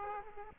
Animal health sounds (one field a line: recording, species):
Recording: mosquito wingbeat signal from an infrared sensor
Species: Aedes aegypti